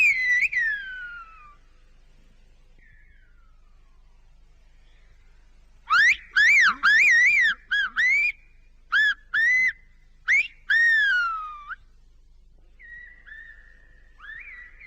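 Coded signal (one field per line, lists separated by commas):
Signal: whistled language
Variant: Silbo Gomero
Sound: a loud whistle glide, pause, then a series of short rising and falling whistled syllables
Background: quiet background hiss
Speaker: Now, did you notice that each whistle sounds like a word, and that there are definite tones within these words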